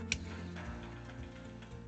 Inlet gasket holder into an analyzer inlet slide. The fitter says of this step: Insert the inlet gasket holder until it clicks into place.